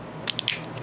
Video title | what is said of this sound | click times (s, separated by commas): Waffling about my USB setup | there we go snaps | 0.3 s, 0.4 s, 0.5 s